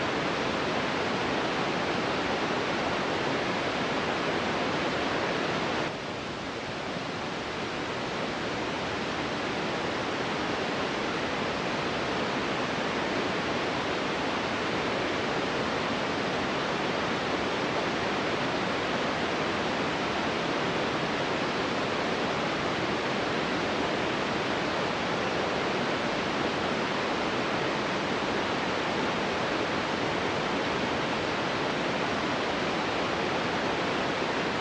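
Television static hisses in a dense, unbroken wash that reaches from a low rumble up into bright fizz, with the very top sheared off. Around six seconds the level dips slightly and the texture shifts, then the steady hiss carries on unchanged to the end.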